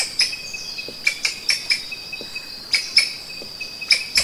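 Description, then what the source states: Thomas's rope squirrel giving crisp repeated clicks in short groups, set against a continuous shrill insect drone. Recorded in Sangha on 10 February 2021 at 6:51 AM, early morning.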